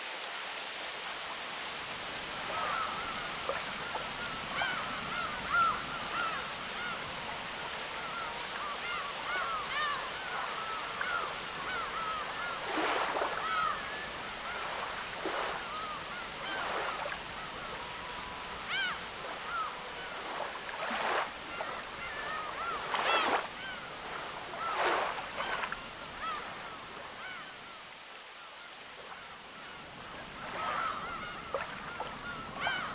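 Rain and a running stream in a rainforest make a steady, dense hiss throughout. Light bird calls chirp near the start and again at the end. From about 13 to 26 seconds, sharper splashes break through every couple of seconds, and a brief lull follows near 28 seconds.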